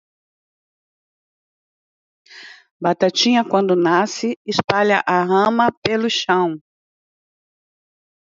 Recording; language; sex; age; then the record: short text; Brazilian Portuguese; female; 50 to 59 years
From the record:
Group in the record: control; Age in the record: 55 years